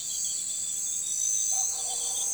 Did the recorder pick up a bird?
no